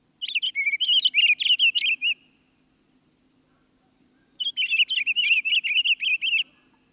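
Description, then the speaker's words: Pine Grosbeak song: sweet, rich warbling phrases of quick varied notes, two bursts of about two seconds each separated by a pause, over a faint low hum. Warbles sweetly from scattered evergreens in the high subalpine zone of western mountains. "pine grosbeak warbles sweetly from the scattered evergreens as our climb reaches the high subalpine."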